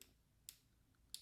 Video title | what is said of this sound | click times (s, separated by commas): Formex Reef GMT Watch Review | kind of Ratchet in click click click for me I need it all the way in | 0.5 s, 1.1 s